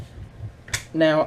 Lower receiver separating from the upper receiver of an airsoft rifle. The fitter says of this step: and it'll pop out like that